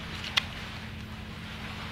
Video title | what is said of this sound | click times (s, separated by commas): Как заниматься подводной охотой в тропиках.Пенсионер на Филиппинах | snapped into place, it didn’t come out. | 0.4 s